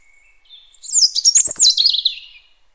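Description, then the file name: European robin song phrase: a thin high whistle, then a rapid tumbling warble of sweet notes broken by a couple of sharp ticks, about two seconds long. "Erithacus rubecula"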